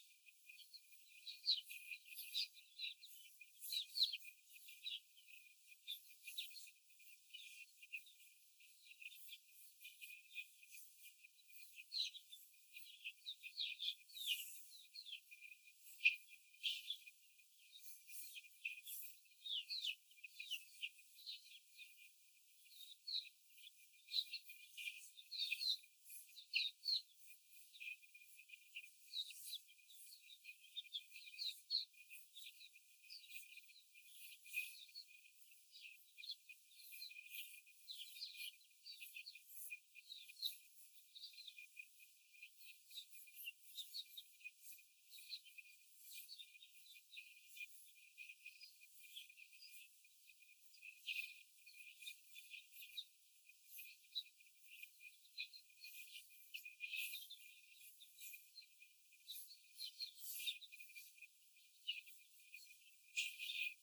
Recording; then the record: young laying hens in a cage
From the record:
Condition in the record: after the stressor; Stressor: simulated dog barking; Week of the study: 4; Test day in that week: 1